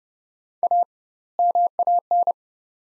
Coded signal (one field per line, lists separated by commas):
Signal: Morse code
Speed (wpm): 29 wpm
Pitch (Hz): 700 Hz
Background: none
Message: A MAN